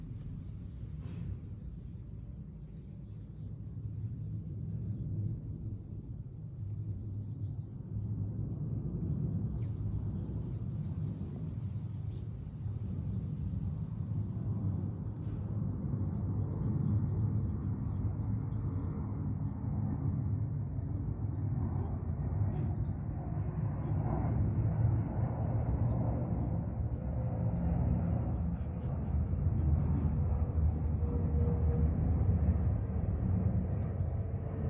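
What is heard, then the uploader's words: A honey bee buzzes in a low, dense drone that swells gradually and stays steady throughout, with a few faint ticks scattered through it. A honey bee is very determinedly trying to drink nectar from a yellow zip on my bag, trying all different ways, going upside down and shoving its proboscis under the zip slider. Honey bee trying to drink from a bag zip.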